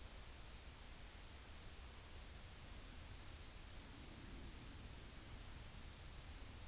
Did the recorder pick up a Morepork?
no